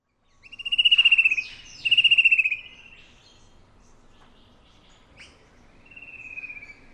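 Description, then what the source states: Fan-tailed berrypecker calling with two loud, buzzy trilled notes about a second apart, then a fainter drawn-out note several seconds later over soft background hiss. Papua New Guinea.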